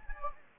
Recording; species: mosquito wingbeat signal from an infrared sensor; Anopheles gambiae